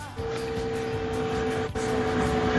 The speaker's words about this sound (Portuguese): Calma aí, deixa o helicóptero passar.